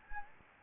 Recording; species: mosquito wingbeat signal from an infrared sensor; Anopheles gambiae